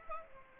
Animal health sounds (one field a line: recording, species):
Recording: mosquito wingbeat signal from an infrared sensor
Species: Aedes aegypti